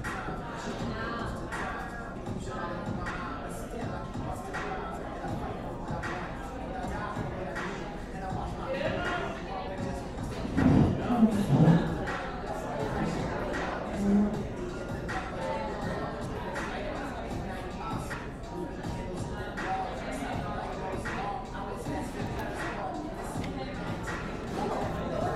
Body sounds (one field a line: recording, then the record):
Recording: background sound without coughing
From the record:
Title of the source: 60 minutes of coffee shop sounds for study and concentration